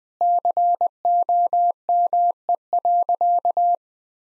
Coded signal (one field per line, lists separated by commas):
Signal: Morse code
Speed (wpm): 20 wpm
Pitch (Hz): 700 Hz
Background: none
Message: COME.